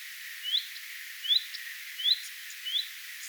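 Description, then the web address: Common redstart alarm: four crisp upslurred whistles, evenly spaced, with faint ticks after some and soft background birdsong. Alarm or attention calling recorded on 3 May 2025. "paivat 3 5 2025 leppalinnun huomioaantelya"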